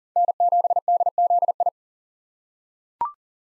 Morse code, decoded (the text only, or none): N7DZI